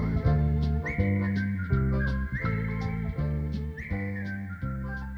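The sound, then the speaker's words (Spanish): A whistled love song melody glides and slides upward in a bright, steady tone, carried over a full instrumental backing with a bouncy, regular beat. No one speaks. “silbando una canción de amor, silbando una canción de amor, silbando una canción de amor.”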